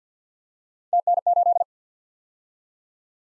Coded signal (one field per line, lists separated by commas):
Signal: Morse code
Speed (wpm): 50 wpm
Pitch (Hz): 700 Hz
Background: none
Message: TN8